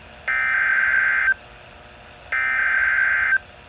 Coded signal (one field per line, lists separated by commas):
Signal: Emergency Alert System (SAME) tones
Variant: header bursts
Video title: (EAS #466) Severe Thunderstorm Watch #301’s Expansion